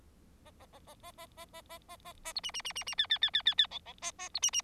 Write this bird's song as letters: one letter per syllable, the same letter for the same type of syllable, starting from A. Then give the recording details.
A A A A A A A A A A A A B C C C C C D D D D D D E E A A B C C. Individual Bird4